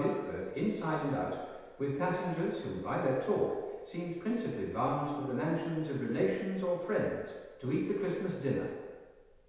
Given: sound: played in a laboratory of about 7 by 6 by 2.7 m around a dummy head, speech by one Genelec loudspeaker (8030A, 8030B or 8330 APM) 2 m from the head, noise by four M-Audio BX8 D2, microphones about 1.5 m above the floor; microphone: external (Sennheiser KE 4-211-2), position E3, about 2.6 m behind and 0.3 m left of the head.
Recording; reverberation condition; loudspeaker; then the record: male speech in English; high; 30 degrees to the left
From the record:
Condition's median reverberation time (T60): about 1300 ms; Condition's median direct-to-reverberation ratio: about -4.0 dB